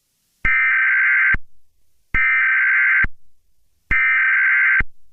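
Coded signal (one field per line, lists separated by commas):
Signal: Emergency Alert System (SAME) tones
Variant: header bursts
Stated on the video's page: Fictional Christmas EAS scenario, a created recreation rather than a real alert.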